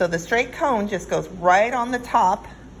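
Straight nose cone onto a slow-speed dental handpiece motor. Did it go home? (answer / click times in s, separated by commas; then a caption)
no / none. A woman talks while a straight nose cone is brought to the top of a slow-speed dental handpiece motor to be pushed down onto it. No click is heard, and the cone has not yet seated or clicked into place.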